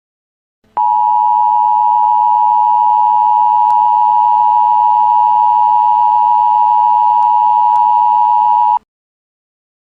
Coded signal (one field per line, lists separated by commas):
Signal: Emergency Alert System (SAME) tones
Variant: 853 and 960 Hz attention tone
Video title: (Wider US) Mini EAS Scenario: 🔥🔥🔥This is fine🔥🔥🔥